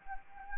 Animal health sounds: mosquito wingbeat signal from an infrared sensor; Anopheles gambiae

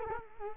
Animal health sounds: mosquito wingbeat signal from an infrared sensor; Culex quinquefasciatus

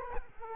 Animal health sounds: mosquito wingbeat signal from an infrared sensor; Culex quinquefasciatus

